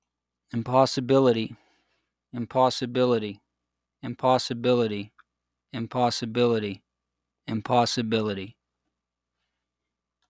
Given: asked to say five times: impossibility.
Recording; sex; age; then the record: repeated word; male; 40 to 49 years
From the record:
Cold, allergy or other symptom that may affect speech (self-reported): no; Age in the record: 48 years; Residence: Pennsylvania, United States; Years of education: 16